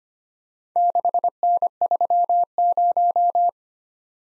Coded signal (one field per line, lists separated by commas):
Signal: Morse code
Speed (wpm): 30 wpm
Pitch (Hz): 700 Hz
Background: none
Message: 6N30